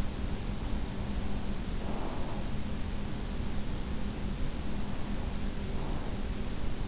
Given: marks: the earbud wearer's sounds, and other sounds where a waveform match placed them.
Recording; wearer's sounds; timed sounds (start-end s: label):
sounds in sleep by an in-ear microphone; breath
1.66-2.77 s: breath